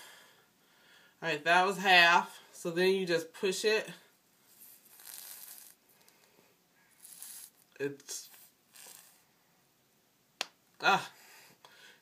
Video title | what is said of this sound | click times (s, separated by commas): What Happens After I Wash My Hair: 4c and Fabulous S4E2 | did you hear it snap | 10.4 s